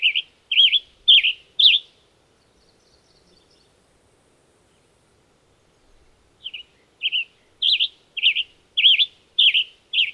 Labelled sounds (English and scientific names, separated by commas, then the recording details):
Western Tanager (Piranga ludoviciana) song
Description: Western Tanager song recorded on the Bridal Veil Falls Trail in Rocky Mountain National Park
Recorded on 22 June 2015